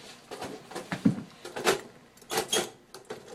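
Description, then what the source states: Squirrel scrabbling in a cage: irregular metallic rattles and scratchy bursts of clatter, several loud knocks spread throughout. Squirrel caught in a live trap, moving from one side of the cage to the other trying to find its way out.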